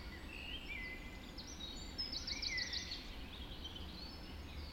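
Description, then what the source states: Birds: dawn chorus of several birds, one giving a quick run of chirpy notes in the middle, with sweeping whistles around it and constant low background noise. Dawn chorus just after dawn in the Forest of Dean.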